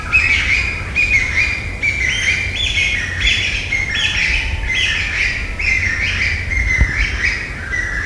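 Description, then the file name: Chinese bamboo partridge calling, a loud repeated series of rising, ringing notes delivered in a steady rhythm, with faint low background rumble. "kojukei"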